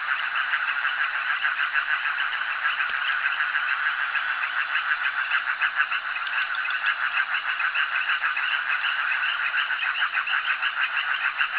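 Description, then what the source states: Frog chorus, loud and dense, of rapid pulsed notes, steady throughout, with one brief click early on. Frogs calling at a jetty.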